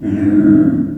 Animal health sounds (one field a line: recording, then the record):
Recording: squeal of a Yucatan mini pig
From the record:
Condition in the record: after surgery on the right vocal fold (resection and tissue-engineered implant)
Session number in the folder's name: 4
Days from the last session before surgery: 26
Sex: female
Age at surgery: 19 weeks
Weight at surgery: 25 kg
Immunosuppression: prednisolone